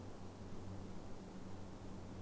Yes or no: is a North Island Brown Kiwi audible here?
no